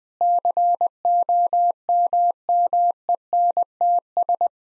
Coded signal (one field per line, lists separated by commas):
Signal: Morse code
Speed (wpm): 21 wpm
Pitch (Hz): 700 Hz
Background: none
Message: COMMENTS